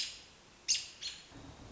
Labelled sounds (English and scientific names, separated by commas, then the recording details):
American Robin (Turdus migratorius)
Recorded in Sonoma County, California